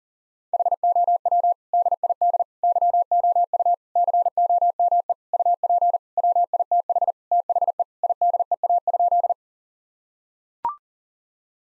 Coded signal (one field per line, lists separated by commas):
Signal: Morse code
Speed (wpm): 40 wpm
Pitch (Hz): 700 Hz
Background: none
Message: HOW DID YOU COME UP WITH THE IDEA?